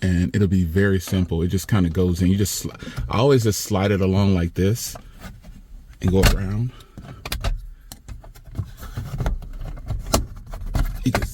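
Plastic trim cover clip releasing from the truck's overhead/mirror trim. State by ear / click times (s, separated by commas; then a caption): released / 10.1 s, 11.1 s. A plastic pry tool is slid around the edge of a plastic interior trim cover near the mirror of a 2022–2025 Chevy Silverado truck to pop its retaining clips out. Someone talks at first, then quiet scraping and rubbing of the tool along the trim is heard. Retaining clips snap loose at about 10.1 s and 11.2 s, releasing the trim cover.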